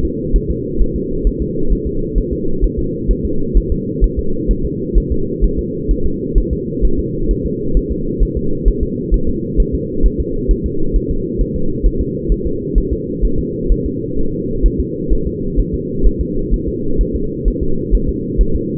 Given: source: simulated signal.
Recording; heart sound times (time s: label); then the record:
fetal heart sounds
0.05 s: S2
0.36 s: S1
0.50 s: S2
0.82 s: S1
0.96 s: S2
1.27 s: S1
1.42 s: S2
1.72 s: S1
1.87 s: S2
2.18 s: S1
2.33 s: S2
2.64 s: S1
2.79 s: S2
3.11 s: S1
3.25 s: S2
3.57 s: S1
3.72 s: S2
4.04 s: S1
4.19 s: S2
4.51 s: S1
4.66 s: S2
4.98 s: S1
5.12 s: S2
5.44 s: S1
5.59 s: S2
5.91 s: S1
6.06 s: S2
6.38 s: S1
6.53 s: S2
6.85 s: S1
6.99 s: S2
7.31 s: S1
7.46 s: S2
7.77 s: S1
7.91 s: S2
8.23 s: S1
8.37 s: S2
8.68 s: S1
8.83 s: S2
9.14 s: S1
9.29 s: S2
9.60 s: S1
9.75 s: S2
10.06 s: S1
10.20 s: S2
10.51 s: S1
10.66 s: S2
10.96 s: S1
11.11 s: S2
11.41 s: S1
11.56 s: S2
11.86 s: S1
12.01 s: S2
12.32 s: S1
12.47 s: S2
12.78 s: S1
12.93 s: S2
13.25 s: S1
13.39 s: S2
13.72 s: S1
13.86 s: S2
14.19 s: S1
14.33 s: S2
14.66 s: S1
14.80 s: S2
15.13 s: S1
15.27 s: S2
15.60 s: S1
15.74 s: S2
16.07 s: S1
16.21 s: S2
16.54 s: S1
16.68 s: S2
17.01 s: S1
17.16 s: S2
17.48 s: S1
17.63 s: S2
17.95 s: S1
18.09 s: S2
18.41 s: S1
18.55 s: S2
From the record:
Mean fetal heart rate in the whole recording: 130 bpm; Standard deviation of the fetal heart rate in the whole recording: 2 bpm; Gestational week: 36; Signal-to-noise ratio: -8.1 dB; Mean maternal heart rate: 72 bpm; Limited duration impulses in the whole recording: absent